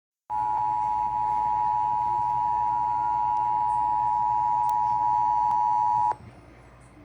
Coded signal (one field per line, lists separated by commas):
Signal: Emergency Alert System (SAME) tones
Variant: 853 and 960 Hz attention tone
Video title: EAS#16 Severe Thunderstorm Warning